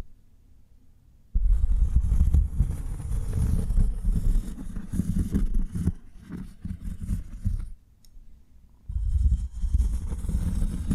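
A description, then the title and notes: Cork is rubbed and scraped in dense, rough bursts, a deep rumbling friction with a crackly, grainy top. After a near-silent first second it runs loud and busy, thins into scattered taps near eight seconds, then swells back for the final stretch. ASMR Cork Triggers. (No Talking).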